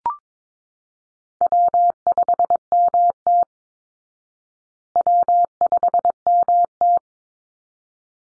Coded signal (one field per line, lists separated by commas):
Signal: Morse code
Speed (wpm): 22 wpm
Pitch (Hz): 700 Hz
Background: none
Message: W5MT W5MT